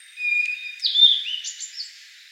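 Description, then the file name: Blue-and-white flycatcher song: a short phrase of clear high whistles, a long steady note followed by sliding, slurred notes lasting about two seconds. Recorded on 26 May 2013. "ooruri S 130526"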